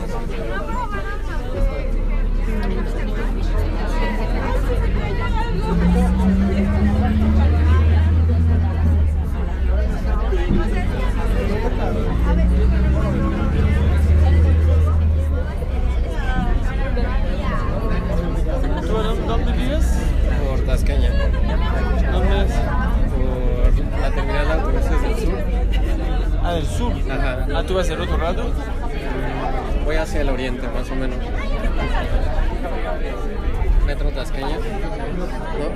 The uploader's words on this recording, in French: Picure curative au rappel d’une rame bondée, le doux son du peuple sur le chemin de la maison...